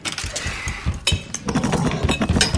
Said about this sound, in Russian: Анвар поворачивает металлическую рукоятку в центре двери.